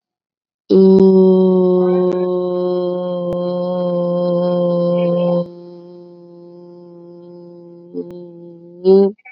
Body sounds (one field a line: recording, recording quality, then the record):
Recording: sustained vowel as in boot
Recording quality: excellent, no background noise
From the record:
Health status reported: COVID-19 positive, mild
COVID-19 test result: positive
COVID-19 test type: RT-PCR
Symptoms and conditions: cough, cold, fever, fatigue, muscle pain, another condition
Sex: female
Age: 25 years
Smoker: no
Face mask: not worn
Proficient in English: no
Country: India